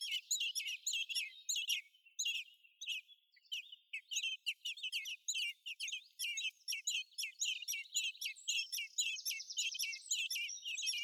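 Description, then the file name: Eurasian blackbird calls in a steady, hurried chatter of high squeaky notes, with a faint buzzy trill overlapping later on. "Turdus merula"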